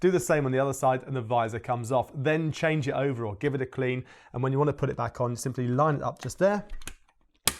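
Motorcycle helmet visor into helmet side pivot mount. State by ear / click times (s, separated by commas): seated / 7.5 s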